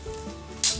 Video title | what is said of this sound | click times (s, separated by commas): Hurricane Spin Scrubber Unboxing and Review | you go heard that click and there it is you know you can use that to | 0.6 s